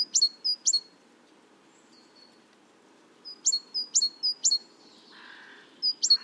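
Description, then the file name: Great tit singing clear, high paired notes in quick runs, with a pause midway before the phrases resume. "Parus major"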